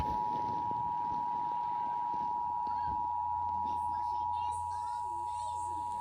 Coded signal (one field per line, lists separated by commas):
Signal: Emergency Alert System (SAME) tones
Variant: 853 and 960 Hz attention tone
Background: speech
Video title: Rating Fictional eas Alarms part 16 For @k1necorporationmedia